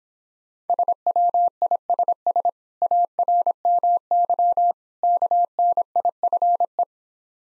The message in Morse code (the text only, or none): SWISS ARMY KNIFE